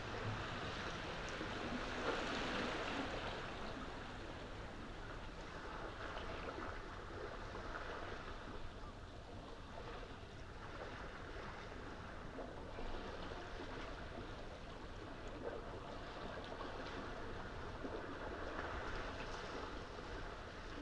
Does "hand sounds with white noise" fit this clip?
no